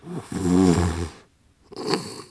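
Snoring from an adult sleeper: a low, rumbling inspiratory snore with strong low-frequency energy, followed by a pause and a weaker second breath sound.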